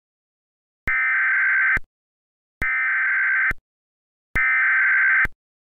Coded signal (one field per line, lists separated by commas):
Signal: Emergency Alert System (SAME) tones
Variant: header bursts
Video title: (REUPLOAD) EAS Scenario #5A: 2022 Mega Disaster (Part 1)